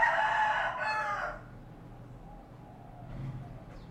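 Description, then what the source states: Chicken crow, the tail of a harsh rooster call in the opening second and a half, then quiet low background hum. Male.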